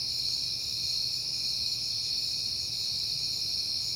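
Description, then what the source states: Crickets in a dense, even chorus of high shrill trills, a quiet low rumble beneath. Crickets at night in September, on a peaceful night.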